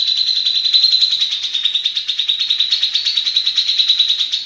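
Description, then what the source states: Grey-cheeked bulbul holding a steady, rapid buzzy trill at a fairly even high pitch, pulsing continuously through the whole stretch. Masteran recording used to train other birds; local name cucak jenggot.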